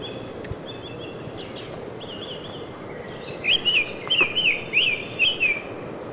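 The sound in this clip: Summer Tanager song, faint whistled phrases at first, then a clearer quick burst of slurred, up-and-down notes over a constant background hiss.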